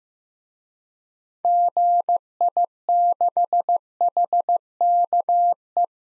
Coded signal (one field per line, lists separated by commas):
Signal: Morse code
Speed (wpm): 15 wpm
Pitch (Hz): 700 Hz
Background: none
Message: GI6HKE